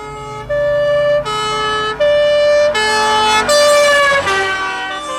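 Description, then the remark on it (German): A fire engine siren blares loudly in a two-tone pattern, alternating between a higher and lower pitch roughly every second, with rich harmonics and a rumbling engine underneath; no one speaks. “Was ist das? Eine Sirene.”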